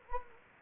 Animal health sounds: mosquito wingbeat signal from an infrared sensor; Anopheles gambiae

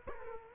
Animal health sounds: mosquito wingbeat signal from an infrared sensor; Culex quinquefasciatus

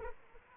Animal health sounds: mosquito wingbeat signal from an infrared sensor; Aedes aegypti

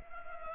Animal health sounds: mosquito wingbeat signal from an infrared sensor; Culex pipiens

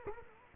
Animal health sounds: mosquito wingbeat signal from an infrared sensor; Culex quinquefasciatus

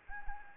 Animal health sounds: mosquito wingbeat signal from an infrared sensor; Anopheles arabiensis

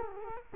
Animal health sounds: mosquito wingbeat signal from an infrared sensor; Culex quinquefasciatus

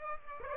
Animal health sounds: mosquito wingbeat signal from an infrared sensor; Aedes aegypti

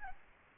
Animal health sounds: mosquito wingbeat signal from an infrared sensor; Aedes albopictus

